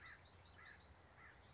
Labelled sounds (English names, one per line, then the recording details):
California Towhee
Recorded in Sonoma County, California